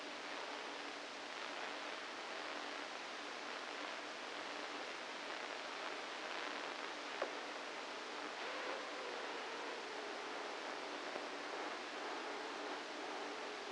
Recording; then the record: brain microelectrode recording played as sound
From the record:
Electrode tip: inside the subthalamic nucleus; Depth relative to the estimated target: -2 mm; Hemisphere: right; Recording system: NeuroSet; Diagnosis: Parkinson's disease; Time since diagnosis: 7 years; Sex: female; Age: 68 years